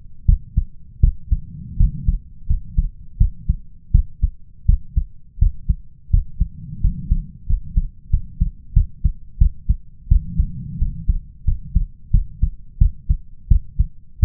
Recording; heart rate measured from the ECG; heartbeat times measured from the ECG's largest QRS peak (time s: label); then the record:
heart sounds by stethoscope; 86 bpm
0.25 s: heartbeat
1.00 s: heartbeat
1.76 s: heartbeat
2.46 s: heartbeat
3.17 s: heartbeat
3.91 s: heartbeat
4.65 s: heartbeat
5.38 s: heartbeat
6.10 s: heartbeat
6.80 s: heartbeat
7.46 s: heartbeat
8.09 s: heartbeat
8.73 s: heartbeat
9.38 s: heartbeat
10.08 s: heartbeat
10.78 s: heartbeat
11.44 s: heartbeat
12.10 s: heartbeat
12.78 s: heartbeat
13.47 s: heartbeat
14.19 s: heartbeat
From the record:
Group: healthy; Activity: rest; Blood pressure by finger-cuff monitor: 120/85 mmHg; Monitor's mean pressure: 97 mmHg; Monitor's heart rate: 86 bpm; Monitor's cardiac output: 6.3 L/min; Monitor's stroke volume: 73 mL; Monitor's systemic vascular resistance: 1140 dyn s/cm5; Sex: male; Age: 21 years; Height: 180 cm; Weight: 67.5 kg